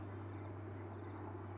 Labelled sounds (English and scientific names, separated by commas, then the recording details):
California Towhee (Melozone crissalis)
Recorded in Sonoma County, California